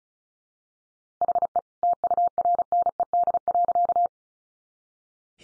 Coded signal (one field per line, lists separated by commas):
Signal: Morse code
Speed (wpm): 34 wpm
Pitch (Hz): 700 Hz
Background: none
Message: HE TURNED.